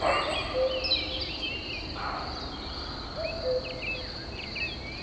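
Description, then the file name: Cricket chirping as a steady high, shrill drone, with brief bird chirps and two short whistled notes over a soft outdoor hiss. "druc drac - vues lumiere - grillons"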